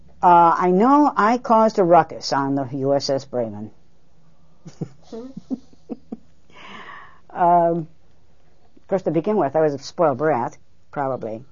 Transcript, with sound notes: Uh, I know I caused a ruckus on the U.S.S. Bremen. (She laughs.) Uh, of course, to begin with, I was a spoiled brat, probably.